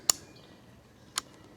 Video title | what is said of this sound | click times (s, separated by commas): The Savage-JC Higgins "Click Clack" .22 | there you can see how that bolt locks in place | 0.1 s, 1.2 s